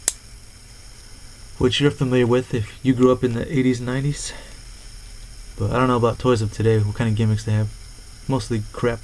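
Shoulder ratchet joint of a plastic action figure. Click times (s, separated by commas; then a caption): 0.1 s. A Toy Biz Lord of the Rings: Fellowship of the Ring Gimli with Battle Axe swinging-action plastic action figure has its shoulder joint moved; the shoulder is a ratchet joint built for the swinging gimmick. A single sharp click at 0.1 s marks the joint locking in place, and then someone talks.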